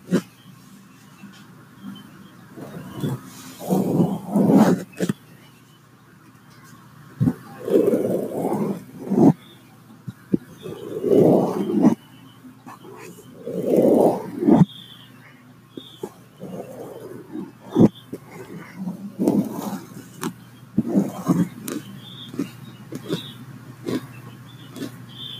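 Sharp taps scattered irregularly through the recording, with several crisp single knocks standing out. Between them come soft, rushing brushing strokes, each lasting a second or two, repeating roughly every three seconds. A low steady hum sits underneath throughout.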